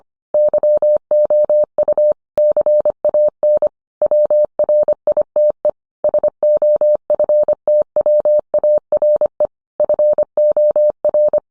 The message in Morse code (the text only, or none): YOU CAN WRITE SOFTWARE FOR